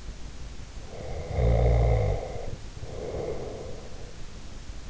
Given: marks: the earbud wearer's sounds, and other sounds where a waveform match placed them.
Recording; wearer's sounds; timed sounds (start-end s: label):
sounds in sleep by an in-ear microphone; snoring breath
1.01-3.80 s: snoring breath